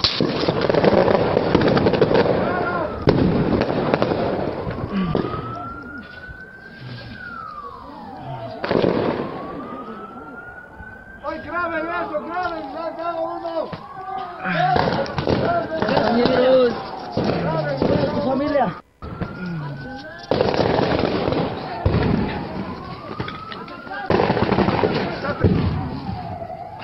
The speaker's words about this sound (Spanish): Me han dado un balazo aquí a mi amigo. Miren, los soldados están usando bala.